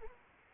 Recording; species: mosquito wingbeat signal from an infrared sensor; Anopheles arabiensis